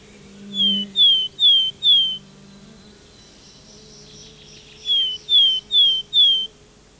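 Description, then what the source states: Willow tit song in two phrases of four plaintive, downslurred whistles each, delivered at a steady measured pace with a short gap between. Faint, clear-toned song heard from afar in pine heath forest, recorded by Jan-Erik Bruun; among our most numerous small birds, declined as forests lost the decaying stumps where it excavates nests; song somewhat melancholy.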